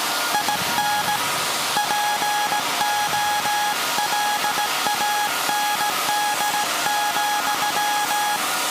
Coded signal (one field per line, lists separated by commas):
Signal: Morse code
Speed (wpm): 17 wpm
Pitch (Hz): 830 Hz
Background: none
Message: IN POLAND,